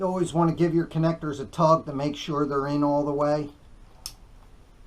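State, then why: Seated. Someone talks while tugging on the dielectric-greased plastic wiring connectors under the tank of a 1997 Harley Softail to check that they are fully engaged. After the talking stops, one plastic connector clicks home into its mating connector on the harness with a single sharp click at 4.1 s, and it is seated.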